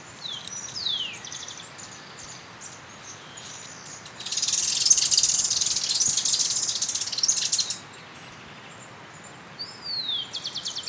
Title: Myiothlypis Nigrocristata